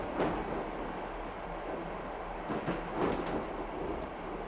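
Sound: train riding on rails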